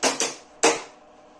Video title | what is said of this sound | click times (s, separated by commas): grand écran LG 4k connecter 20e c'est réparer ! | Mais je commence à entendre que ça se clipse. C'est bon signe. | 0.2 s, 0.6 s